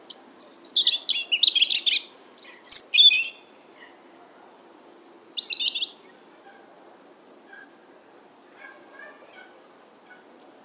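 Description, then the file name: European robin song: a few bursts of high, sharp warbling notes in the first half, then mostly quiet background with faint chirps. "Erithacus rubecula"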